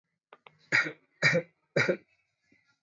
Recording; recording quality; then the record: shallow voluntary cough; excellent, no background noise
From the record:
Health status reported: healthy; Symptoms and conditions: none ticked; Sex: male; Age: 26 years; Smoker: not ticked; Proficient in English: yes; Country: India